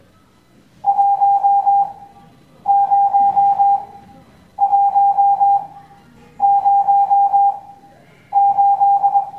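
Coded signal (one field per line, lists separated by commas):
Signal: Morse code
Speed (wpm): 21 wpm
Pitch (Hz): 800 Hz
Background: none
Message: 10108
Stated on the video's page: Morse code class lesson.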